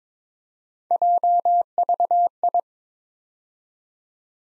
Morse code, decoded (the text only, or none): JVI